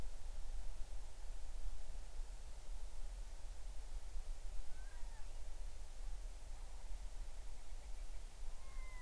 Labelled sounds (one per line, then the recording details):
bird
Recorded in the Arctic National Wildlife Refuge, Alaska, on 20 July 2019 at 02:55
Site 38